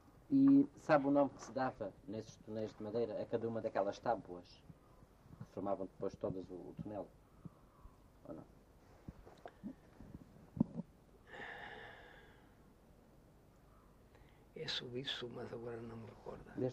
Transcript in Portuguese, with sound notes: E sabe o nome que se dava nesses tonéis de madeira a cada uma daquelas tábuas, que formavam depois todas o tonel? [pausa]
Eu soube isso, mas agora não me recorda.